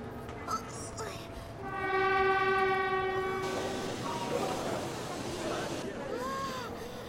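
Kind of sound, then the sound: vehicle, trains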